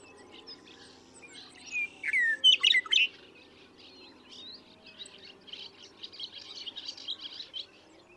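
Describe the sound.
Western meadowlark singing one loud phrase of clear whistles that ends in a quick gurgling jumble, followed by a run of soft buzzy chirps.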